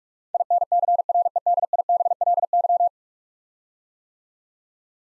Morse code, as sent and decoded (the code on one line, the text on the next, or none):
.. -. -.-. .-. . -.. .. -... .-.. -.--
INCREDIBLY